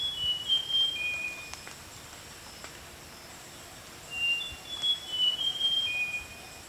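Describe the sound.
Rusty mouse-warbler song: a short series of thin, pure whistles stepping down in pitch, repeated twice over a steady background hiss.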